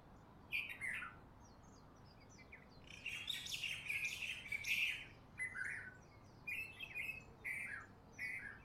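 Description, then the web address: Bird calls: bursts of chirps and harsh chattering notes, with a busier stretch in the middle and several brief chirps near the end. Recorded in Honolulu in the morning. "lynne-publishing Honolulu Morning Bird"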